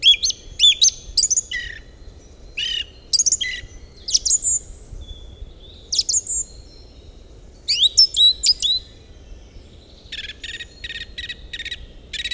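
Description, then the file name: Bird song: scattered bursts of high, varied chirps and trills with pauses between, ending in a rapid run of short notes; low background hum throughout. "Great Nature And Bird"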